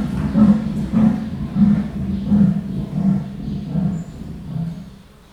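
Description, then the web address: Leopard call: a rhythmic series of about seven deep, rasping grunts roughly every 0.7 seconds, steady at first, then weakening and fading out near the end. Captive leopard at a zoo, 2015, recorded with a professional hidden microphone while walking out of its house. "allathangok jaszberenyizoo 2015 professzionalis leopard rejtettmikrofon hazbolvalokisetalas ajtocsukas"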